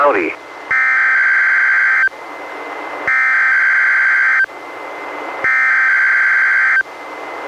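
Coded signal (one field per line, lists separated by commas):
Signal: Emergency Alert System (SAME) tones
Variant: header bursts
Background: speech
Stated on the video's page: Weather radio weekly tests relayed by an NWR station, recorded from a Reecom R-1630 weather radio through a Zoom H1 recorder.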